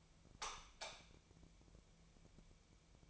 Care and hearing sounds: daily activity, microphone in the room; light off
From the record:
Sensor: 1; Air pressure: 1000.0 hPa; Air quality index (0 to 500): 128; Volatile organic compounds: 2 ppm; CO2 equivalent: 1214 ppm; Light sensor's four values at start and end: 40/106/43/52 and 37/93/39/48

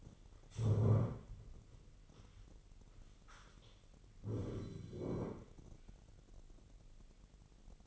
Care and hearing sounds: daily activity, microphone in the room; stand up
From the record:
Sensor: 4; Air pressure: 999.4 hPa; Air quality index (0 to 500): 105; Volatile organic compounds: 2 ppm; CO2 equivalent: 1037 ppm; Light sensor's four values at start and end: 11/26/11/12 and 11/26/11/12

